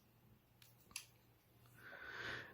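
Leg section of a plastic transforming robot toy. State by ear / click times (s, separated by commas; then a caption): seated / 1.0 s. The leg assembly of a plastic transforming robot figure is brought down and closed up, with faint plastic ticks around 0.6 s and 0.9 s before a sharp click at 1.0 s as the leg section locks into place. A soft rustling swell follows toward the end.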